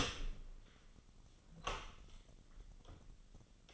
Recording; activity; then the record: daily activity, microphone in the room; open door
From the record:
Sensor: 4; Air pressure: 1010.1 hPa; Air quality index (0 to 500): 197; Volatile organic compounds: 3 ppm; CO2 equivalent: 1414 ppm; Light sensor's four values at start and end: 38/93/38/41 and 36/87/36/39